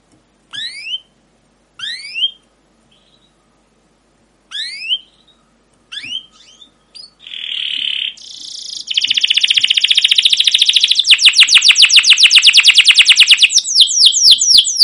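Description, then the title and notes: Canary gives a few separate rising chirps with pauses, then bursts into a long, loud rapid trill of repeated sweeping notes. Canary song with "cuit cuit" chirps, used as a lure and tutor recording for training young canaries to sing long and energetically. "CUIT CUIT NGEROL LANGSUNG GACOR PANJANG Kenari Ini AMPUH Utk Pancingan KENAR. PANCINGAN Kenari GACOR PANJANG Cuit CUIT EMOSI ini AMPUH utk MASTERAN Kenari PAUD belajar BUNYI. burung kenari"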